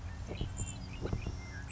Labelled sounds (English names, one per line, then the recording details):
Savannah Sparrow
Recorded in Sonoma County, California